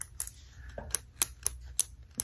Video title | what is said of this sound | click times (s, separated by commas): Intergalactic Bounty Hunter Blinky Mine Kit (Mando) | That's how you know it works, because it's clicking in place when it gets to the right position. | 0.0 s, 0.9 s, 1.2 s, 1.5 s, 1.8 s, 2.2 s